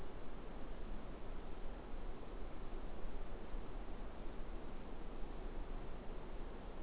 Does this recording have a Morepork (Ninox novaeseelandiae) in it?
no